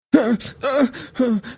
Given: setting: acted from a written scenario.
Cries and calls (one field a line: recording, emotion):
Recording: vocal sound without words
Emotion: distress